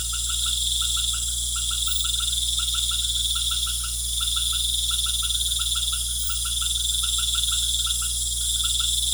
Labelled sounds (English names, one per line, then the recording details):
none
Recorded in pastures near Puerto Asís, Putumayo, Colombia, on 13 March 2025 at 18:30
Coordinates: 0.505, -76.324
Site GP08